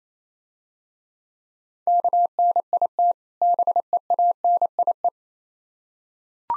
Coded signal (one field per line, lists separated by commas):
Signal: Morse code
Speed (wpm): 28 wpm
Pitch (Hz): 700 Hz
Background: none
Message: KNIT BEANIE